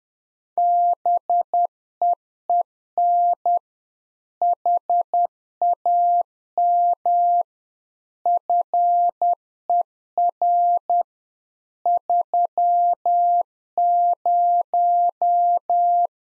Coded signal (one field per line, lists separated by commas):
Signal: Morse code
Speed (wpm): 10 wpm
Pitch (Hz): 700 Hz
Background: none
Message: BEEN HAM FER 30